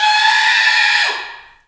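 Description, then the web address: Kudu bull screaming, one harsh, strained, sustained cry of about a second, holding steady before dropping away and fading out. "Spectrasonics - Heart of Africa 1 Partition C 07 KUDU FX BULLSCREM"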